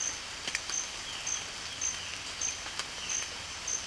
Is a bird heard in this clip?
yes